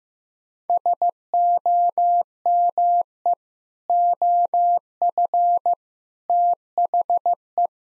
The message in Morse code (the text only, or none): SOME OF THE